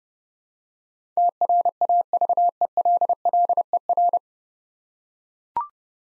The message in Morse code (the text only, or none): TRAVELLER